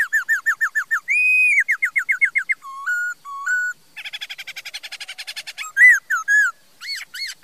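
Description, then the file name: Laughingthrush song: rapid repeated whistled notes, a long held whistle, more quick notes, a rattling trill, then loud slurred whistles. "Tieng khuou hot"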